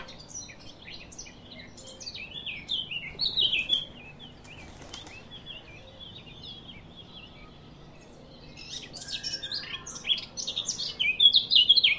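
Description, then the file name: Eurasian blackcap song: two bursts of rapid, varied warbling, the first around three seconds, the second louder and longer near the end, with a quiet pause between. "Sylvia atricapilla"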